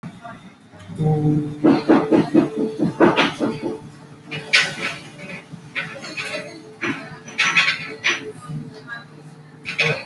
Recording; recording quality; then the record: sustained vowel as in boot; poor, much background noise or distortion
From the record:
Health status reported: healthy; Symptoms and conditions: none ticked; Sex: male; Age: 32 years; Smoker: not ticked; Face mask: not worn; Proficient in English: yes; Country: India